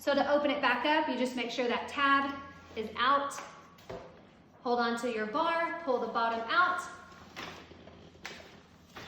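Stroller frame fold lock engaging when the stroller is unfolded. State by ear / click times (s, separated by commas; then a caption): seated / 8.3 s. A woman talks while a folded 2016 BOB jogging stroller (Alterrain Pro or Revolution) is unfolded: with the tab out, the handlebar is held and the bottom frame pulled out. A sharp, short snap is heard at 8.3 seconds as the frame fold lock engages, seating the frame open.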